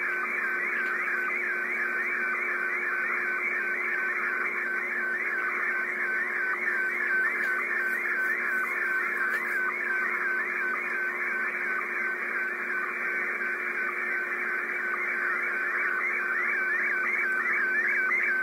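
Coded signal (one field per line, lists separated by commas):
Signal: SSTV (slow-scan television)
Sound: continuous warbling, chirping tone shifting between high and mid pitch over hiss, repeating rhythmically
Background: radio static, low hum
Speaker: трансивер работа антенны на п и в режиме сств переходим непосредственно к [музыка] эксперименту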